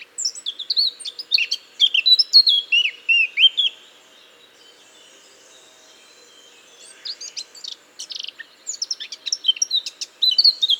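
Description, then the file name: Eurasian blackcap song: a loud, fluty, fast warbled phrase, a silence of about three seconds, then a chattering warble rising again in volume. "Sylvia atricapilla"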